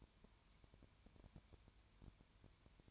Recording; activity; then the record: daily activity, microphone in the room; no activity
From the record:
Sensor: 2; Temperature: 20.3 degrees Celsius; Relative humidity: 33.8%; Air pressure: 1003.2 hPa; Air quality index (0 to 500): 82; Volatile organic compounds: 1 ppm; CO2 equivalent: 781 ppm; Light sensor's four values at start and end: 2/3/2/2 and 2/3/2/2